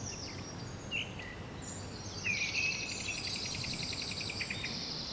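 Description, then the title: Bird calls, a couple of quick chirps early, then a rapid repeated trill with high twittering from other birds over soft noise. Bird ambience recorded at Rue du Rossignol, Seneffe, Belgium, with a Sony PCM-D100 using its internal microphones. "Rue du Rossignol 7, 7180 Seneffe, Belgique - Birds ambience"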